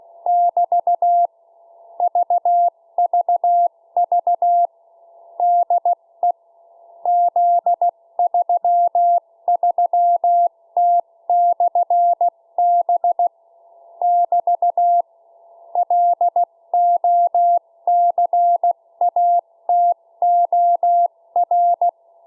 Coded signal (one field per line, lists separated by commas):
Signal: Morse code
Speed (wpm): 16 wpm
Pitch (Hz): 700 Hz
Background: none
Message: <BT> VVV DE Z33T/B <BT> LOCATOR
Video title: 2019_08_11 Z33T Beacon 144 MHz 0 1W